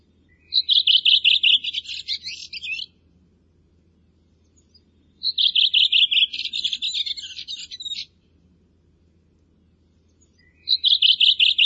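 Bird singing a high, fast chattering phrase of repeated chirps that turns scratchy at the end, given twice in full and starting a third time, with silences of a few seconds between.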